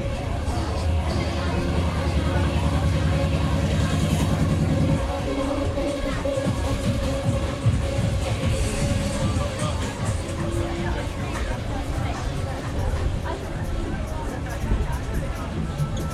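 A crowded market full of overlapping voices and chatter, loud and constant throughout. A deep engine-like rumble dominates the first five seconds, then gives way to denser babble and clattering activity, with steady hum and occasional brighter clinks in the background.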